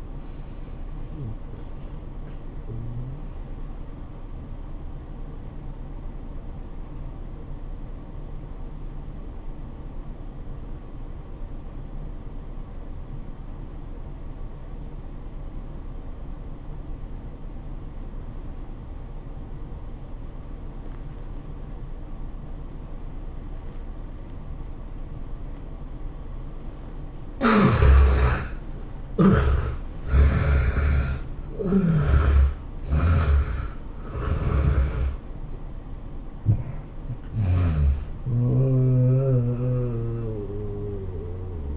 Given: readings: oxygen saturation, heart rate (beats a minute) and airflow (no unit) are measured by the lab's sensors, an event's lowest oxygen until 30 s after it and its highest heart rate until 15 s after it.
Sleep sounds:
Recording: breathing in sleep by a smartphone at the bedside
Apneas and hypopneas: 1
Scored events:
4.00-27.00 s: obstructive apnea (N1, oxygen 96% highest, then 68% lowest, heart rate 95 at the start, 108 highest)
14.00-41.77 s: new sleep stage, N2 (light sleep)
From the record:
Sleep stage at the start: N1 (lightest sleep)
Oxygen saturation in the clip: 68 to 96%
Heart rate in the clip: 80 to 108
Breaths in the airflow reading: 5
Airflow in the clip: -15.2 to 18.0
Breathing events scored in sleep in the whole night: 403 in 5.5 hours asleep

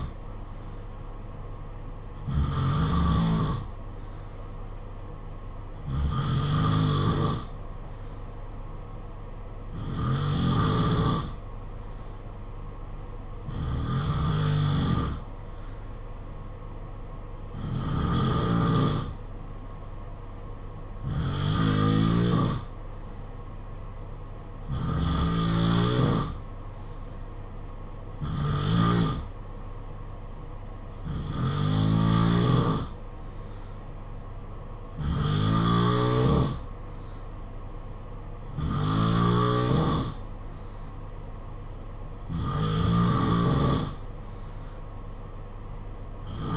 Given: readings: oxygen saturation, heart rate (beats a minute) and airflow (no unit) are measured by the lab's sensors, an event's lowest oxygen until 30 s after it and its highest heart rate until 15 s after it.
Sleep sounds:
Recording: breathing in sleep by a smartphone at the bedside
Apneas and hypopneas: none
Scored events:
none scored
From the record:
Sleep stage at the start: N2 (light sleep)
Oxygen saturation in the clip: 88 to 94%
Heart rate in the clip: 51 to 56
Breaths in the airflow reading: 12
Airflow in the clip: -4.3 to 3.5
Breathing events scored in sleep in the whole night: 476 in 9.7 hours asleep

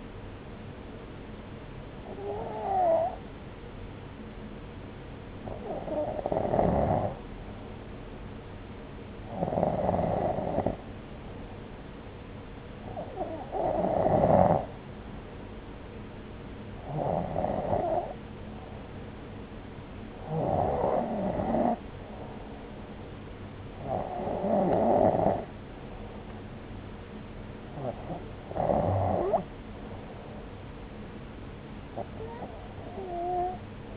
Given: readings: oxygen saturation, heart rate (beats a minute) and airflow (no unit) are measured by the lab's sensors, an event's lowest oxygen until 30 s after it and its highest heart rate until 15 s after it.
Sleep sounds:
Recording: breathing in sleep by a voice recorder at the bedside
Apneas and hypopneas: none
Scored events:
none scored
From the record:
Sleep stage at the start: N1 (lightest sleep)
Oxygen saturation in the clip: 93 to 95%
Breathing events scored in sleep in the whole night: 303 in 8.1 hours asleep

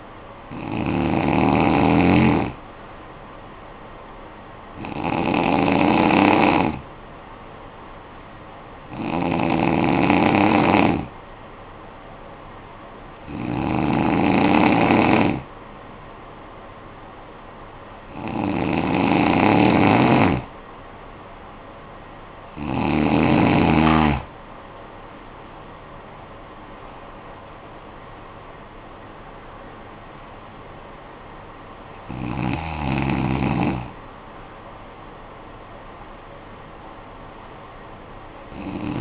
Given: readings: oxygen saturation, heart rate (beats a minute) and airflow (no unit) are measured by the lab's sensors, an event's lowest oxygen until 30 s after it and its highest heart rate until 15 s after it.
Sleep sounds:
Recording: breathing in sleep by a voice recorder at the bedside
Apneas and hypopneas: 1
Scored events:
8.00-20.80 s: hypopnea (N2, oxygen 93% highest, then 92% lowest, heart rate 55 at the start, 64 highest)
14.00-39.01 s: new sleep stage, N1 (lightest sleep)
From the record:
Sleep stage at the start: N2 (light sleep)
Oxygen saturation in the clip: 92 to 94%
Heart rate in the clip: 52 to 64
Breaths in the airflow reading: 8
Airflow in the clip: -9.8 to 10.1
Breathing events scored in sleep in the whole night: 445 in 7.6 hours asleep

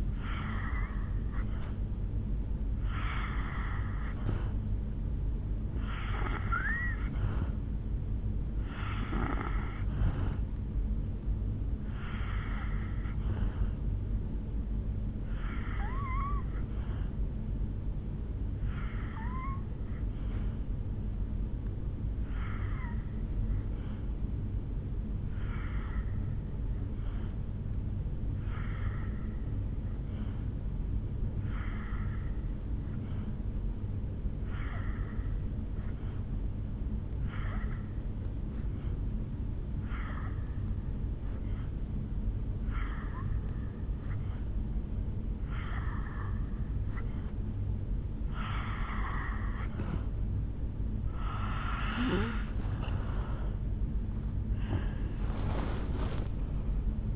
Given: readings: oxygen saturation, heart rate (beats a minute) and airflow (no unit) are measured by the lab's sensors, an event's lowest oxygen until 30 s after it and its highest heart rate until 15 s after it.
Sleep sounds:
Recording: breathing in sleep by a smartphone at the bedside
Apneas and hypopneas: 1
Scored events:
21.00-50.30 s: hypopnea (N2, oxygen 91% highest, then 82% lowest, heart rate 61 at the start, 75 highest)
45.00-57.15 s: new sleep stage, N1 (lightest sleep)
From the record:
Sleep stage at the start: N2 (light sleep)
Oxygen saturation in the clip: 83 to 91%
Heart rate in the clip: 59 to 74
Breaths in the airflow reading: 8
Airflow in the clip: -8.4 to 5.2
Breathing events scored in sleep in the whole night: 449 in 7.0 hours asleep

